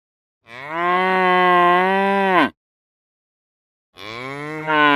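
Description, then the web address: Cow giving a long steady moo that falls away at the end, followed after a short gap by another moo that grows louder at its close. "Sonniss - The Nature Pack - cow moos"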